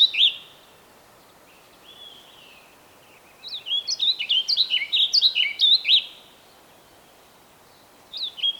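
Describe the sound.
Bird song: a brief opening note, a soft drawn whistle, then a lively run of quick, swooping whistled notes, with silent stretches around it.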